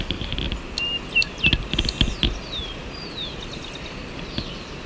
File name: spot throated hummingbird